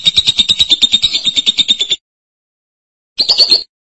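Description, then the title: Lovebird with a two-second stream of fast buzzy chatter, a pause, then a brief higher-pitched raspy burst. "BM Suara Burung Lovebird"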